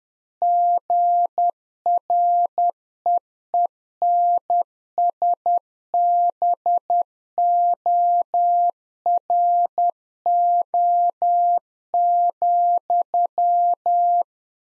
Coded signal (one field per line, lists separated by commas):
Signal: Morse code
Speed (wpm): 10 wpm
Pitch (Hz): 700 Hz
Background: none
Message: GREENSBORO,